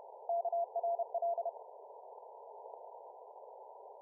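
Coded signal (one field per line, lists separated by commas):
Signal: Morse code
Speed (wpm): 32 wpm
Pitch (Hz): 680 Hz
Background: none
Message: KRL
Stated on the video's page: 40m CW station received via an RFSpace Cloud-IQ remote receiver.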